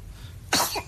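After a quiet stretch, one sudden, hissy, explosive burst lasts about a third of a second and then fades. It is a single sneeze from one of twin babies, bringing up a little spit-up, with a faint low room hum underneath.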